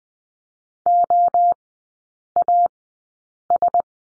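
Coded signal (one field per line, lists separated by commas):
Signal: Morse code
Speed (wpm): 19 wpm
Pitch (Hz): 700 Hz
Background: none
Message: OAS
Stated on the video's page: Morse code course lesson at Farnsworth speed 20/10 wpm.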